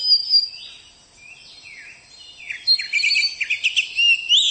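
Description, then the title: Oriental magpie-robin song, starting with drawn-out whistles that build into a fast burst of choppy, chattering notes and bright slurs. Champion-class songbird. "Kicau Burung Kacer Juara. Suara Kacer"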